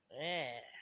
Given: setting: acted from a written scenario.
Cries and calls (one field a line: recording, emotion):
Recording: vocal sound without words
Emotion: disgust